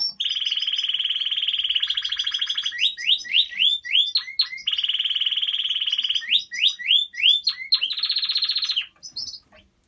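Domestic canary song: long steady rolling trills alternating with rising slurred notes, repeated throughout before ending abruptly.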